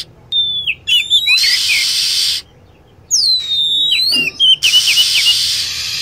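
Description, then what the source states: Lovebird calls: a long drawn whistle falling into a run of quick stuttering chirps, between two bursts of steady hiss. Lure sound used to attract birds.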